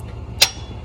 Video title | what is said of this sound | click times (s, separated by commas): How to replace Fuel Injectors On A RAM 6.7 Cummins | until it clicks, just like that. | 0.4 s